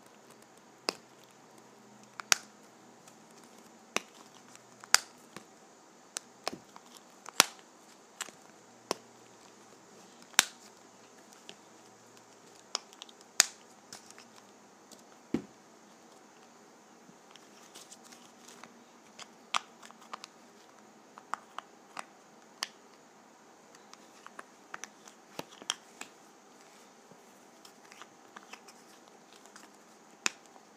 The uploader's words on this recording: ASMR Lip Gloss Container.